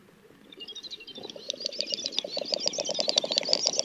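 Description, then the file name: Great snipe display call: a rapid run of clicking, bubbling pulses that grows louder, with high thin twitters and whistles above it. Recorded in Russia. "Pticy Rossii - Dupel Gallinago media"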